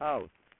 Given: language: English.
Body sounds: throat vibration sensor signal played as sound; speech

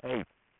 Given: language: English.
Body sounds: throat vibration sensor signal played as sound; speech

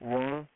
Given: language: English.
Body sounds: throat vibration sensor signal played as sound; speech

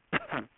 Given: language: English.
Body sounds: throat vibration sensor signal played as sound; cough

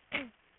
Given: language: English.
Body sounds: throat vibration sensor signal played as sound; cough

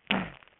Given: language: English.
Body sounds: throat vibration sensor signal played as sound; throat clearing

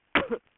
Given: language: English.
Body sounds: throat vibration sensor signal played as sound; cough

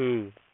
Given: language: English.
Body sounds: throat vibration sensor signal played as sound; speech

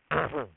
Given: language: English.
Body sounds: throat vibration sensor signal played as sound; throat clearing

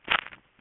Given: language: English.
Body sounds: throat vibration sensor signal played as sound; swallow

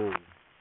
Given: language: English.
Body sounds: throat vibration sensor signal played as sound; speech

